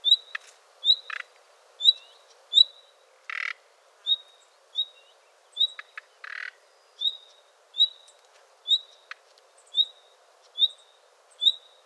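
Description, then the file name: Common nightingale repeating a clear high whistle roughly every half second to second, with a few buzzy rasping notes in between. "Luscinia megarhynchos"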